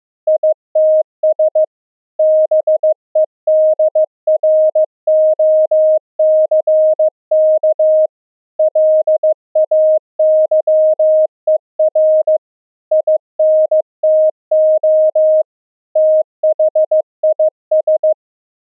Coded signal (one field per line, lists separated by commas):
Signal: Morse code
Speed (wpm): 15 wpm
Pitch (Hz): 620 Hz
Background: none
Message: ITS BEDROCK LAYER INTO THIS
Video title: Pulse Density Modulation Morse Code, TRANSMIT & RECEIVE demo on LF band @64Khz - saves BATTERY DRAIN